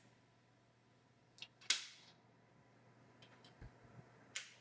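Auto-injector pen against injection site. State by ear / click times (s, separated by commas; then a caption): seated / 1.7 s, 4.4 s. A Zepbound auto-injector pen, its cap removed, is pressed against the injection site and unlocked, then its button is pressed. A sharp first click at 1.7 s marks the start of the injection, a few faint ticks follow, and a second sharp click at 4.4 s signals the dose is done. The injection is confirmed complete.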